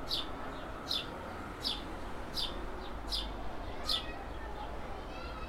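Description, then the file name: House sparrow calling with short clipped chirps, about one every three quarters of a second, against faint low rumbling noise. "Passer domesticus"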